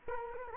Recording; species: mosquito wingbeat signal from an infrared sensor; Culex quinquefasciatus